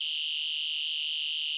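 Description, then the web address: Insect chirp: a continuous high, buzzy trill of very rapid pulses lasting about one and a half seconds, with no other sounds. "Blastwave INSECTS Insect Voice Chirp"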